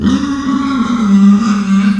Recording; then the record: squeal of a Yucatan mini pig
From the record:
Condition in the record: after surgery on the right vocal fold (resection and tissue-engineered implant); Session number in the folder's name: 13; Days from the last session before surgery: 113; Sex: female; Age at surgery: 19 weeks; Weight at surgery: 25 kg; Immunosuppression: prednisolone